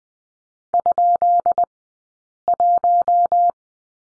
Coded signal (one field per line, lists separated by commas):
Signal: Morse code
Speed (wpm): 20 wpm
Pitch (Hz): 700 Hz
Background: none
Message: ?1